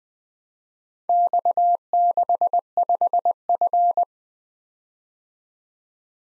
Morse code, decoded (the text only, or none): X65F